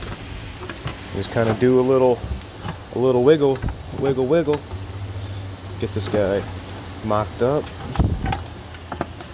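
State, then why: Not seated. Someone talks while a crankcase ventilation box is set and wiggled into position on the engine valley seal of a Ford Super Duty, mocked up before being pushed fully down. Light handling knocks are heard around 0.7–0.9 s and 8.0–9.2 s. Nothing has seated or clicked yet; the box is not seated all the way down.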